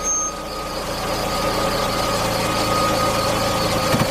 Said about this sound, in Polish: Gdy wracałem stamtąd po raz drugi, na ulicy zatrzymał się samochód.